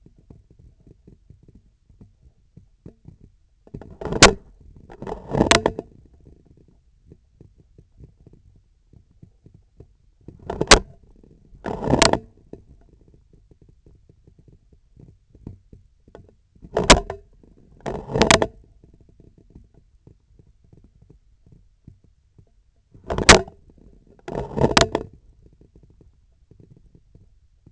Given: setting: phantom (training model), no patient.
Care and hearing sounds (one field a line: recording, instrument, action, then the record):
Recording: laparoscopic instrument, vibration sensor on the handle end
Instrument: scissors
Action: opening and closing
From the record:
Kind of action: tool actuation without material contact